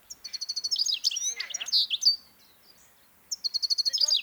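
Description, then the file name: European goldfinch delivering rapid, tinkling twitters and trilled notes in a lively run, a brief pause, then another quick series of repeated bright notes. "Carduelis carduelis"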